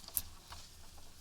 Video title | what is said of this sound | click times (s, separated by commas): Full-Size Overland build - Winch, Light Bar, and Ditch Lights install | And you hear a little click. | 0.2 s